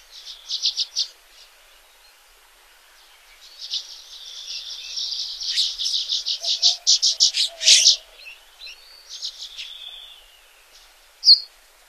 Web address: Songs of Birds of North America Stokes. Violet-green Swallow